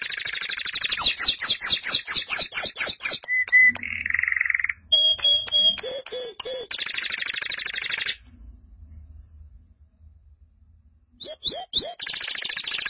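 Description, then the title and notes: Canary song: rapid trills of repeated down-slurred notes, then pure high whistles, buzzy rolls and chirps, with a quiet pause before the trilling resumes. "Suara Burung Kenari"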